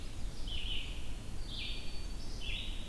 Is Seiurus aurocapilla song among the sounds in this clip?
no